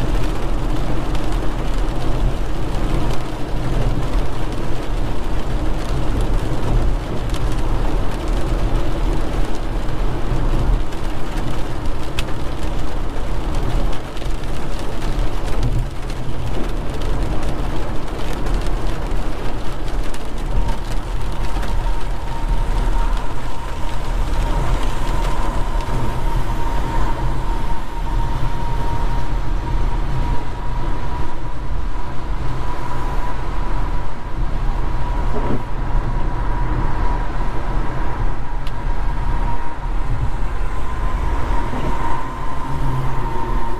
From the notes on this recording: night driving in the rain with no talking or music in the background